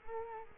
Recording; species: mosquito wingbeat signal from an infrared sensor; Culex quinquefasciatus